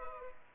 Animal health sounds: mosquito wingbeat signal from an infrared sensor; Culex pipiens

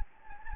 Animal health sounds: mosquito wingbeat signal from an infrared sensor; Anopheles gambiae

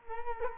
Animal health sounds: mosquito wingbeat signal from an infrared sensor; Culex quinquefasciatus

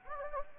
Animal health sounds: mosquito wingbeat signal from an infrared sensor; Anopheles gambiae

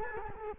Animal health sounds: mosquito wingbeat signal from an infrared sensor; Culex quinquefasciatus

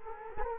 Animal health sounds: mosquito wingbeat signal from an infrared sensor; Culex quinquefasciatus

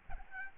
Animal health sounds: mosquito wingbeat signal from an infrared sensor; Aedes albopictus

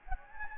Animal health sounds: mosquito wingbeat signal from an infrared sensor; Anopheles gambiae

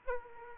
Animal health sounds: mosquito wingbeat signal from an infrared sensor; Aedes aegypti

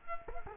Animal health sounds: mosquito wingbeat signal from an infrared sensor; Culex quinquefasciatus

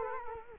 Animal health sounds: mosquito wingbeat signal from an infrared sensor; Culex quinquefasciatus

